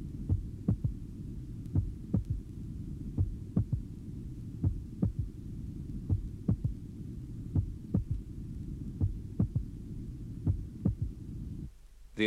A more narrowly split first heart sound is now illustrated. The recording is that of a 22-year-old man taken at the apex during expiration. A loud physiological third heart sound is audible after the second sound.